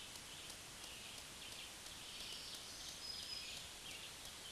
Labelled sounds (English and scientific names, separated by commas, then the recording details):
Black-throated Green Warbler (Setophaga virens) song
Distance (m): 35 m
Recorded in a Pennsylvania forest on 1 June 2023 at 07:43
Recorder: AudioMoth, point grid3_38_low
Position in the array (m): 239 m, 196 m